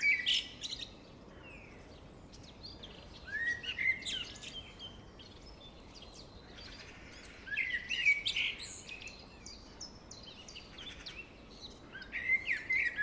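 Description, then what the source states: Blackbird song arriving in widely spaced phrases of fluty, sliding notes with scratchy high twitters, separated by quiet stretches. Singing in deep forest.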